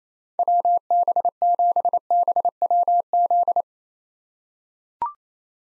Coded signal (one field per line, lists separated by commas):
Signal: Morse code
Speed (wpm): 28 wpm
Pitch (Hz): 700 Hz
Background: none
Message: WB7BWZ